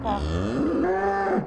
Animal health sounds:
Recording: contact call of a hoofed animal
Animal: cattle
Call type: low-frequency (closed-mouth) or high-frequency (open-mouth) call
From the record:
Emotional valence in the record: negative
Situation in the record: full separation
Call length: 1.46 s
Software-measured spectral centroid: 1220 Hz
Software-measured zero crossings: 1110 a second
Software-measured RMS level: -24 dBFS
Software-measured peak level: -13 dBFS

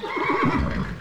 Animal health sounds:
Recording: contact call of a hoofed animal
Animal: horse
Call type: whinny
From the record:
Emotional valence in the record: positive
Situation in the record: reunion with one group member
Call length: 1.01 s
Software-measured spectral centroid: 1470 Hz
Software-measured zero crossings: 1840 a second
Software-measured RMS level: -24 dBFS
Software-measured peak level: -10 dBFS

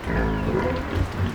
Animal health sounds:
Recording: contact call of a hoofed animal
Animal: wild boar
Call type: grunt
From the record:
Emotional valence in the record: negative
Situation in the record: naturally occurring agonistic interactions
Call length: 1.35 s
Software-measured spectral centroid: 1700 Hz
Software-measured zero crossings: 1320 a second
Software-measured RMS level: -24 dBFS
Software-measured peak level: -10 dBFS

